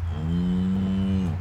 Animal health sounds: contact call of a hoofed animal; cattle; low-frequency (closed-mouth) or high-frequency (open-mouth) call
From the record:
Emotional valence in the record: negative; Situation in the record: full separation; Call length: 1.41 s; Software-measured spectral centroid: 1270 Hz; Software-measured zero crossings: 410 a second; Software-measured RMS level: -24 dBFS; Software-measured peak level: -14 dBFS

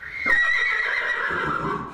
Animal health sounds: contact call of a hoofed animal; horse; whinny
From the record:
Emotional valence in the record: negative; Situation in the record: separation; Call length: 1.94 s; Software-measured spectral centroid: 2030 Hz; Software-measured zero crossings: 3270 a second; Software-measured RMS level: -23 dBFS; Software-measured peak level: -10 dBFS

